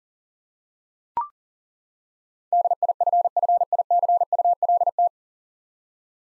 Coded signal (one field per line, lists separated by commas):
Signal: Morse code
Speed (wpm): 40 wpm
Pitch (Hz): 700 Hz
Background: none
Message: DIFFICULT